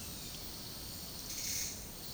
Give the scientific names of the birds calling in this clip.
none